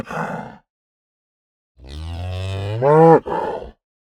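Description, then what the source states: Cow bellowing: a short rough grunt, then a long low moo rising to a harsh peak before breaking into a gruff tail. Aggressive, fast mooing.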